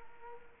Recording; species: mosquito wingbeat signal from an infrared sensor; Culex quinquefasciatus